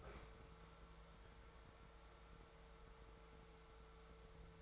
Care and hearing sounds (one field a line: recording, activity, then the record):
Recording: daily activity, microphone in the room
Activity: open fridge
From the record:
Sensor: 3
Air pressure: 1014.9 hPa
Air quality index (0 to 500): 200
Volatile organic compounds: 29 ppm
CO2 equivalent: 2926 ppm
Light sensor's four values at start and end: 37/93/40/43 and 37/93/40/43